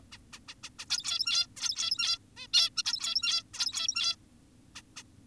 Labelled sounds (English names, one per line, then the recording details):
Zebra Finch
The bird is an adult
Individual g17y2U